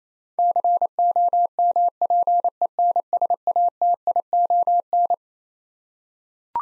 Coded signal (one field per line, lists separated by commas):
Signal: Morse code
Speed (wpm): 27 wpm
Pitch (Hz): 700 Hz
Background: none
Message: COMPENSATION